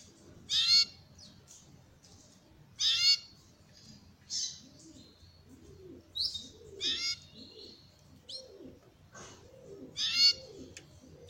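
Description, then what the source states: Belgian canary giving short harsh, raspy bursts with stacked descending tones, repeated every few seconds, with quieter chirps and faint low rumble between. Copper-coloured Belgian canary song.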